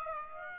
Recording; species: mosquito wingbeat signal from an infrared sensor; Aedes aegypti